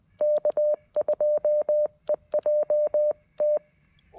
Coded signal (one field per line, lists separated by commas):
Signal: Morse code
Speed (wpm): 20 wpm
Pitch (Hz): 590 Hz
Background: none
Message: K2EJT